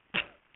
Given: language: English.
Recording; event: throat vibration sensor signal played as sound; cough